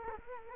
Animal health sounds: mosquito wingbeat signal from an infrared sensor; Culex quinquefasciatus

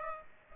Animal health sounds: mosquito wingbeat signal from an infrared sensor; Aedes aegypti

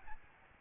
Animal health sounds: mosquito wingbeat signal from an infrared sensor; Aedes albopictus

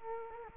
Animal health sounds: mosquito wingbeat signal from an infrared sensor; Culex quinquefasciatus

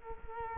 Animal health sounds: mosquito wingbeat signal from an infrared sensor; Culex quinquefasciatus

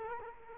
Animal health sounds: mosquito wingbeat signal from an infrared sensor; Culex quinquefasciatus

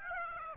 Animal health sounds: mosquito wingbeat signal from an infrared sensor; Aedes aegypti

